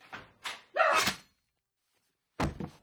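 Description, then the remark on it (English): Knocking on a door: three hard thuds, the third heavier and ringing a little longer, then a pause and two more quick knocks. No one speaks. “Is that you knocking at the door?”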